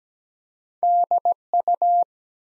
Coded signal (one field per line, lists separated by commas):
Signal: Morse code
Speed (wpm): 17 wpm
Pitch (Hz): 700 Hz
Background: none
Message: DU